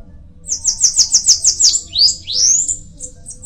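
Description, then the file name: Bananaquit song: a quick series of high buzzy repeated notes, then two rising slurred sweeps and a few thin high notes. "canto da cambacica"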